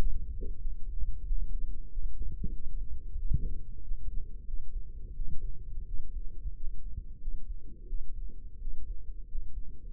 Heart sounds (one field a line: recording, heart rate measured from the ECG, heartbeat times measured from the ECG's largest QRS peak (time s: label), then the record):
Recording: heart sounds by microphone in the left ear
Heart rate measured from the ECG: 90 bpm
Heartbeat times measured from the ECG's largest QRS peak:
0.58 s: heartbeat
1.24 s: heartbeat
1.90 s: heartbeat
2.51 s: heartbeat
3.16 s: heartbeat
3.82 s: heartbeat
4.45 s: heartbeat
5.13 s: heartbeat
5.85 s: heartbeat
6.54 s: heartbeat
7.18 s: heartbeat
7.86 s: heartbeat
8.59 s: heartbeat
9.26 s: heartbeat
9.90 s: heartbeat
From the record:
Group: healthy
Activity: rest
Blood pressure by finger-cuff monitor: 101/63 mmHg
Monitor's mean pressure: 73 mmHg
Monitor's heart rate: 90 bpm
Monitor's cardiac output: 6 L/min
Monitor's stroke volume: 64 mL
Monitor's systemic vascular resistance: 880 dyn s/cm5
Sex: male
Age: 22 years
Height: 181 cm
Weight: 60 kg